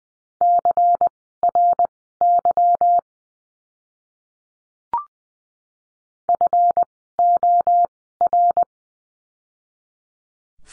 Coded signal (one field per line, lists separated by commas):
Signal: Morse code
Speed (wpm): 19 wpm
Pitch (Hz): 700 Hz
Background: none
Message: CRY FOR